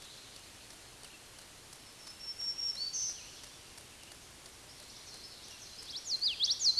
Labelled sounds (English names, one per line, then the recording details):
Black-throated Green Warbler song
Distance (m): 40 m
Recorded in a Pennsylvania forest on 20 May 2023 at 06:23
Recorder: AudioMoth, point grid1_32_low
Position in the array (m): 113 m, 157 m